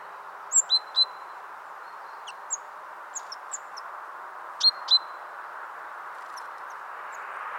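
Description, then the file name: Great tit giving high notes in a group of three and a later pair, with a few scattered softer chips between them, against a quiet hiss. "Parus major"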